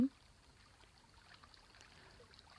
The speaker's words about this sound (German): Nee, wer benetzt mich mit Wasser?